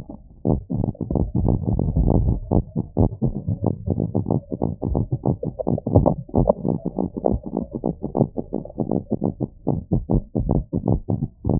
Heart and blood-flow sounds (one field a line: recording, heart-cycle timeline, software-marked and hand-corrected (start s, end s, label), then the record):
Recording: heart sounds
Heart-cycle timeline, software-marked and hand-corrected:
not marked
From the record:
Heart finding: abnormal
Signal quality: poor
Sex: male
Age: 76 years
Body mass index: 23.9